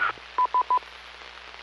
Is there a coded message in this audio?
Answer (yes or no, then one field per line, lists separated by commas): no